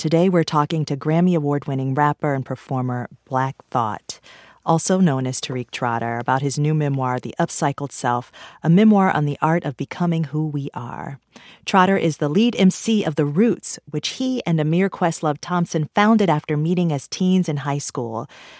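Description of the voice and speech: One adult radio host reads a smooth, fluent introduction, with clear articulation, steady pace and an ordinary voice.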